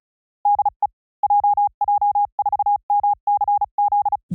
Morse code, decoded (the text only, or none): DE JJ4MCZ